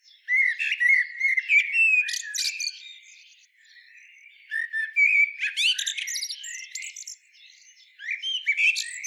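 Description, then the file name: Common blackbird song in three bursts: mellow whistles blended with shrill, squeaky chatter, separated by short quiet gaps. "Turdus merula"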